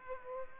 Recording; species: mosquito wingbeat signal from an infrared sensor; Aedes aegypti